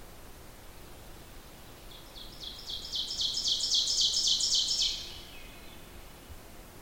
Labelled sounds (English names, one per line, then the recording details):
Ovenbird song
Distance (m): 20 m
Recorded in boreal forest in Alberta, Canada, on 14 June 2016 at 06:04
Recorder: SongMeter 3, array SBT-3-33
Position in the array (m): 107 m, 21 m
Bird 21